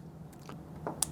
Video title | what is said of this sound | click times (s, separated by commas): Support: Approach® S10 Band Replacement | So snap it in, make sure you hear the click, and then you're going to take your screws | 1.0 s